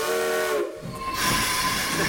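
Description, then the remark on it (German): A steam train lets out a sustained whistle with steady tonal bands over a rushing hiss of steam as it leaves the station, then continues chugging with broad, noisy rumble and no voices. “Nachdem der Zug den Bahnhof verlassen hatte,”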